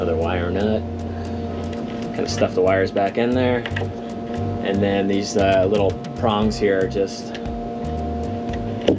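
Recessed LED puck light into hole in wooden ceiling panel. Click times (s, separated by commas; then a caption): 8.9 s. A small recessed LED puck light is pushed into its cut hole in a wooden ceiling panel while someone talks over a steady hum and faint music. Its spring prongs hold it in place, and it snaps home with a sharp click at 8.9 s, fully seated.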